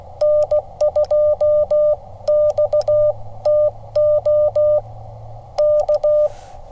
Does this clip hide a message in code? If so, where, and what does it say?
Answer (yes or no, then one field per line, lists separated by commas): yes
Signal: Morse code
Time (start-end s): 0.2-6.3 s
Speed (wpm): 16 wpm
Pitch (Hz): 600 Hz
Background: none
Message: N2XTO K